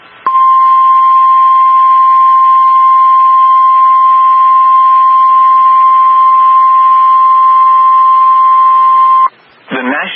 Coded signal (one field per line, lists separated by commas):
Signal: Emergency Alert System (SAME) tones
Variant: 1050 Hz attention tone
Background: speech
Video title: MRGL Bust 2 | EAS Alerts from 5/25/25